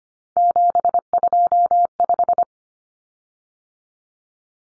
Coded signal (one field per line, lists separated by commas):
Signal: Morse code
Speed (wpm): 25 wpm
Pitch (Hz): 700 Hz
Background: none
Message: 725